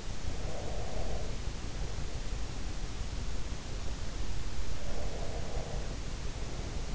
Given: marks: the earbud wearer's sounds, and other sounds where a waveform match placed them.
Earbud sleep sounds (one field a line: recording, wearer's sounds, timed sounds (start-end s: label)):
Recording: sounds in sleep by an in-ear microphone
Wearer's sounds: breath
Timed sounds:
0.23-1.40 s: breath
4.79-6.94 s: breath